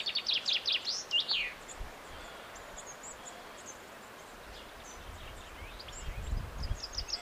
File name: Fringilla coelebs